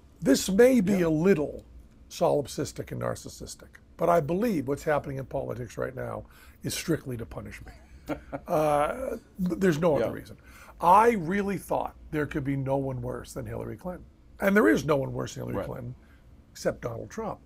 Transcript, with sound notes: This may be a little solipsistic and narcissistic, but I believe what's happening in politics right now is strictly to punish me. *laughs* There's no other reason. I really thought there could be no one worse than Hillary Clinton, and there is no one worse than Hillary Clinton except Donald Trump.